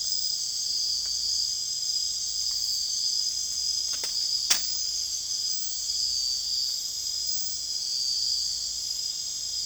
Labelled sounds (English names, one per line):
none